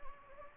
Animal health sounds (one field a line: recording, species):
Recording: mosquito wingbeat signal from an infrared sensor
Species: Anopheles gambiae